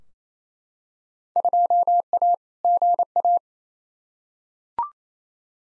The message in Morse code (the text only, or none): 2A GA